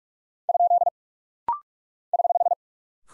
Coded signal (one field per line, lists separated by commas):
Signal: Morse code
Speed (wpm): 43 wpm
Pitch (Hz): 700 Hz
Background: none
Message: ? <HH>